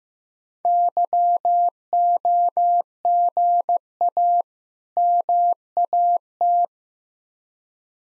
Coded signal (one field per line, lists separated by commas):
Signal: Morse code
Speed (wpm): 15 wpm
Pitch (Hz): 700 Hz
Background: none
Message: YOGA MAT